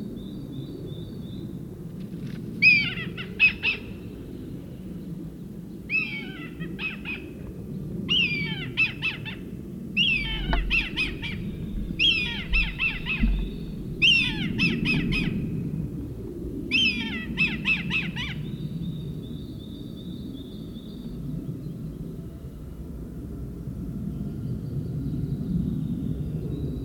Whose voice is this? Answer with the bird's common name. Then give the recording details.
Red Kite. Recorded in the wild. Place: Serrahn, Mecklenburg-Vorpommern, DE. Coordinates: 53.344, 13.204. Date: 1978-05-13. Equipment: Nagra III BH, Sennheiser MD 21, parabola. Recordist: Schubert, Michael. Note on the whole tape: Rufe Rotmilan, Fluglärm